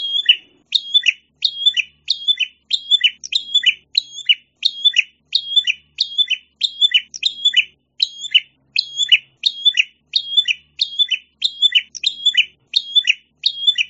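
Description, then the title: Prinia giving a long, fast series of identical high chirpy phrases, each a short burst of sharp notes falling at the end. "prenjak"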